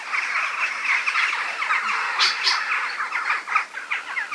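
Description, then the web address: Birds chattering in a dense chorus, many overlapping short chirps and twitters running continuously, with a few sharper high notes standing out. "musicradar outdoor-samples Birds GO Birds Various"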